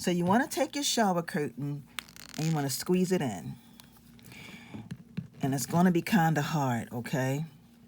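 Someone talks while squeezing a plastic shower curtain ring so its clasp will close on itself, with faint handling clicks and rubbing between about 3.8 and 5.2 seconds. Nothing has snapped shut or seated yet; the clasp's sharp snap, which would mean the ring is in for good, has not happened by the end.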